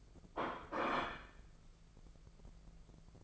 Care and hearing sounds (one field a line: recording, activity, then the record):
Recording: daily activity, microphone in the room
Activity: place plate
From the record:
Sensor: 5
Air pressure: 1015.2 hPa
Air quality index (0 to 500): 204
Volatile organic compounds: 10 ppm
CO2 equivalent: 2245 ppm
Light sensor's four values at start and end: 51/121/49/50 and 51/122/49/51